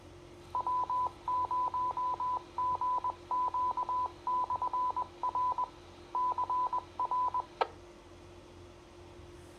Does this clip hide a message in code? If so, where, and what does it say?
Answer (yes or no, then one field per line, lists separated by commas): yes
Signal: Morse code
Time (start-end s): 0.6-7.4 s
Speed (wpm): 20 wpm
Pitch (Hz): 1000 Hz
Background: none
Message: W0GQ/R CR